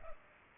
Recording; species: mosquito wingbeat signal from an infrared sensor; Culex pipiens